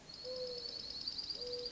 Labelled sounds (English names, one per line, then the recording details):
Mourning Dove
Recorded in Sonoma County, California